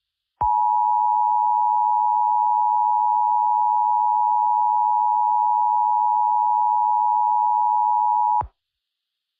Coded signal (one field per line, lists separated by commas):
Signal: Emergency Alert System (SAME) tones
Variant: 853 and 960 Hz attention tone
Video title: EAS Short - North Korea Launches Missiles